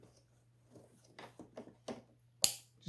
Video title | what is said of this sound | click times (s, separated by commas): How to Install #48000 GoldStrike Plug and Play Wiring Harness Adapter on a Goldwing Tour or DCT | push it and you'll hear it click into place | 2.4 s